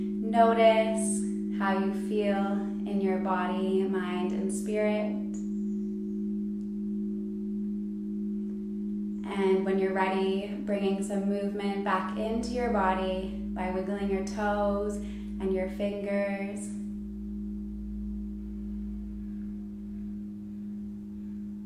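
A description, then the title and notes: Large crystal alchemy bowls hold a steady, low ringing drone with a clear overtone above it for the whole clip. A woman speaks over it in two stretches, roughly the first five seconds and again from about nine to seventeen seconds, while a faint low rumble joins midway. Alchemy bowls (large crystal bowls).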